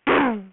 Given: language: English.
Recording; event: throat vibration sensor signal played as sound; throat clearing